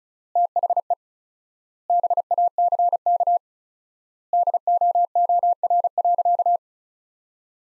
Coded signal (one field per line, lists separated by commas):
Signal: Morse code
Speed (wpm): 36 wpm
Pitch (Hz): 700 Hz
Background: none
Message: THE BACK DOOR.